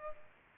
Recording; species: mosquito wingbeat signal from an infrared sensor; Culex pipiens